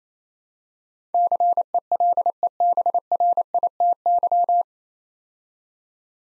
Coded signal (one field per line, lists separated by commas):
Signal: Morse code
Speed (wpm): 29 wpm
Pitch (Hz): 700 Hz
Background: none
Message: CELEBRITY